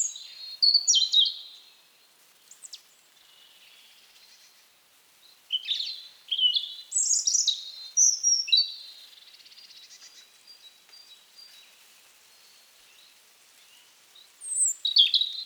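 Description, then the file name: European robin song in short, high, varied phrases, sharp and tinkling, spaced by pauses with faint thin notes between them. "Erithacus rubecula"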